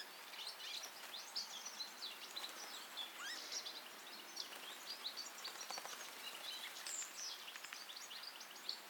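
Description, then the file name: European goldfinch song: continuous fast twittering of high, jangling notes and short trills, fairly faint over a steady background hiss. "Carduelis carduelis"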